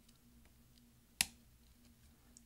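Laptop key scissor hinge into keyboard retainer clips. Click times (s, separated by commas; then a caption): 1.2 s, 2.4 s. A finger presses the plastic scissor hinge for the greater-than key of an Early 2011 13-inch MacBook Pro (2.3 GHz Core i5, MC700, Type J) down onto the keyboard retainer clips. Over a low steady hum and faint ticks, a loud, sharp snap comes at 1.2 s and a fainter snap at 2.4 s. The hinge seats and is installed.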